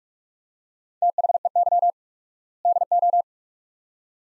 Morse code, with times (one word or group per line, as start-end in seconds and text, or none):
1.0-1.9 THEY
2.7-3.2 DO